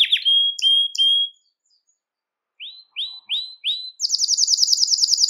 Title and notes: Canario Belga, nyonyastudio